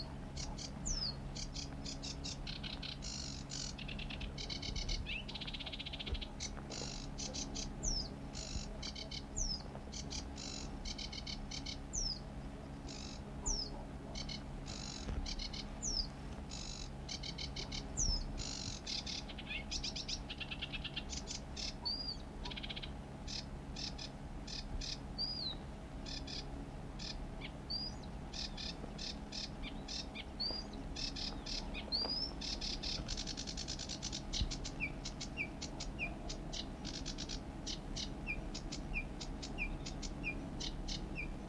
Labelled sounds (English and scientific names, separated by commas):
Sedge Warbler (Acrocephalus schoenobaenus) song